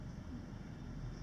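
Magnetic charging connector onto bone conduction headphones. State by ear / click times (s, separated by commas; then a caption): not seated / none. A magnetic charging connector is held the wrong way round against Nank bone conduction headphones, and because the like magnetic poles repel, it will not attach. Only a steady low rumble is heard for the 1.3 seconds, with no sharp sounds. Nothing has clicked or seated yet.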